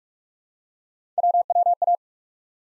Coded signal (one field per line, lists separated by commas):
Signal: Morse code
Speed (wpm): 44 wpm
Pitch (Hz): 700 Hz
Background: none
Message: WWA